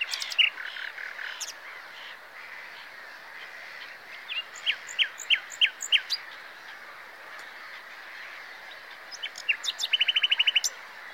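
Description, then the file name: Common nightingale song in scattered phrases: sharp clicks and whistled notes, a few quick chips, then a fast rattle of repeated notes near the end. "Luscinia megarhynchos"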